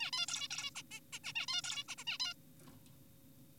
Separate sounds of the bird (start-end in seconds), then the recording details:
0.00-0.11, 0.13-0.26, 0.28-0.48, 0.51-0.70, 0.76-0.82, 0.91-1.00, 1.13-1.19, 1.24-1.33, 1.35-1.46, 1.48-1.61, 1.64-1.84, 1.89-1.96, 1.98-2.04, 2.07-2.18, 2.20-2.33. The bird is an adult. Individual g4p5U